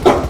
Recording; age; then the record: pig call; growing-finishing pig (85 days or more)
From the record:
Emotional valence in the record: positive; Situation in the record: run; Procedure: transit